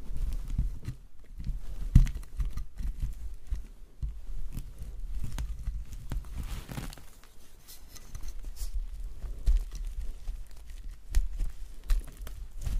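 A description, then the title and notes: Soap carving: a run of short, dull knocks and scrapes, irregular but frequent, mostly low and soft with occasional brighter crisp edges. Sharper taps stand out near 2 seconds and again around 9.5 and 12 seconds, over a steady low rumble. ASMR Soap Carving. Relaxing soap cutting sounds.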